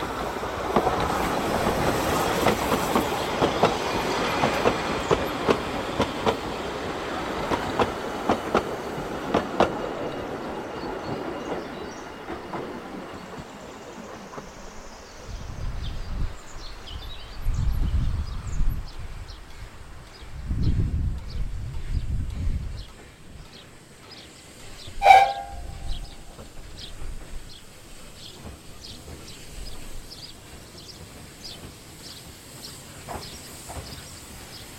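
A train on a small railway rumbles past, loud and dense for the first ten seconds with clattering wheel knocks, then fades. Low thuds follow, a short sharp sound rings out near twenty-five seconds, and faint ticking continues.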